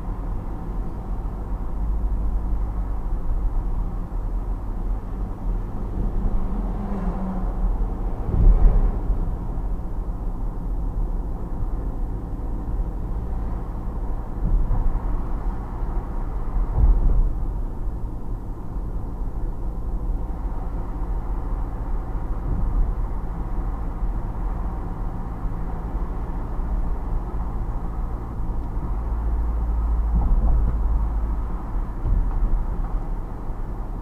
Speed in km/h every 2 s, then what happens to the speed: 38, 37, 37, 38, 40, 40, 40, 40, 40, 40, 40, 40, 42, 42, 42, 40, 40.
0-34 steady at about 40.